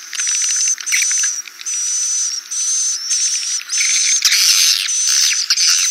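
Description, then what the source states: Swiftlet calls in repeated buzzy, hissing bursts with a thin constant whistle on top, becoming denser and more chattering near the end. Call used for swiftlet farming in Asia.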